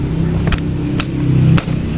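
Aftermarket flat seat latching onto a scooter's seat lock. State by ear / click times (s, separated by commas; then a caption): not seated / none. An aftermarket Griffin 180i TRC racing flat seat is pressed down onto an Aerox V2 scooter frame to engage the seat lock, producing several sharp knocks around 0.5, 1.0 and 1.6 seconds over a steady low hum. The latch does not catch, and nothing has clicked or locked; the seat needs trimming to fit.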